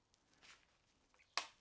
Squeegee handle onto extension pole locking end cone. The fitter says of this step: like that you can hear it click and it won't come off so what you want to do